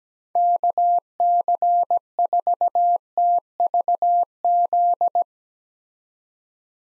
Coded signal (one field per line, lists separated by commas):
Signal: Morse code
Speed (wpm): 17 wpm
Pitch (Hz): 700 Hz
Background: none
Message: KC4TVZ